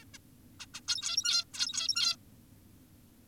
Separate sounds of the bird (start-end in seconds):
0.02-0.05, 0.14-0.18, 0.60-0.66, 0.74-0.81, 0.88-1.44, 1.54-2.16